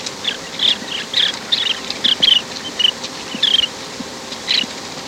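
Sandpiper calls: short, high, thin notes repeated irregularly in a loose series.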